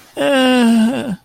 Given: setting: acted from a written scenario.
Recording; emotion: vocal sound without words; embarrassment